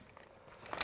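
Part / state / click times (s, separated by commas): softbox rib into speed ring locking tab / seated / 0.7 s, 0.8 s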